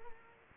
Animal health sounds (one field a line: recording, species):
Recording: mosquito wingbeat signal from an infrared sensor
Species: Culex quinquefasciatus